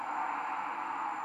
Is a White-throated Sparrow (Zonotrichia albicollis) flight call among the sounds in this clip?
no